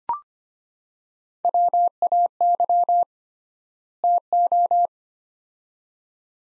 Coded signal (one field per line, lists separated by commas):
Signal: Morse code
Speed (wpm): 25 wpm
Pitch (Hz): 700 Hz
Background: none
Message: WAY TO